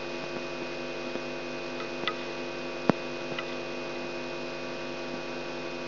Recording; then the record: brain microelectrode recording played as sound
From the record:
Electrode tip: outside the subthalamic nucleus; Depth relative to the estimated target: 1.3 mm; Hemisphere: right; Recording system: AlphaMap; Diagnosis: Parkinson's disease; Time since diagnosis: 17 years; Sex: female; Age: 63 years